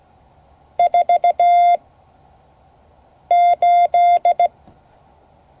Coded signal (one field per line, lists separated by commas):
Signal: Morse code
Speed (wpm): 16 wpm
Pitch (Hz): 700 Hz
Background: none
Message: 48